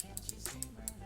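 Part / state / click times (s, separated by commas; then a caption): ratchet thimble of an outside micrometer closing on a wrench / torque reached / 0.0 s, 0.2 s, 0.3 s, 0.5 s, 0.6 s, 0.9 s. The ratchet thimble of an outside micrometer is turned after the spindle has closed down onto a wrench held flat against the anvil, clicking repeatedly at 0.0, 0.2, 0.3, 0.5, 0.6 and 0.9 seconds over a steady low tonal background. The sharp, short clicks confirm the spindle is seated with proper measuring pressure on the wrench.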